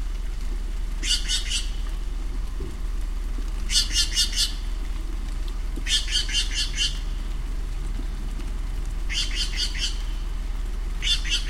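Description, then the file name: Steller's jay calling in a series of harsh, rasping bursts of several rapid notes each, spaced a few seconds apart, over a low steady rumble. Recorded on 30 September 2008. "20080930 stellersjay"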